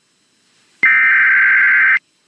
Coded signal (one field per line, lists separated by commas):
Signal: Emergency Alert System (SAME) tones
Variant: header bursts